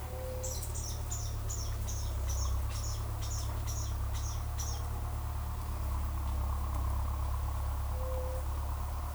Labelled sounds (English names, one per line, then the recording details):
White-tipped Dove
Groove-billed Ani
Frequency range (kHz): White-tipped Dove 0.3-0.7 kHz; Groove-billed Ani 2.8-14.5 kHz
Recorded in forest near Pivijay, Magdalena, Colombia, on 6 June 2023 at 12:00
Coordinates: 10.467, -74.380
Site Z5-G034